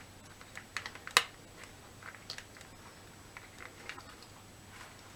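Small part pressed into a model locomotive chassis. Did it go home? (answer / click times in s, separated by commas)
yes / 1.2 s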